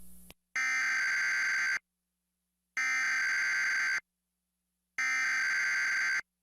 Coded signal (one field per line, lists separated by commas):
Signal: Emergency Alert System (SAME) tones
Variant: header bursts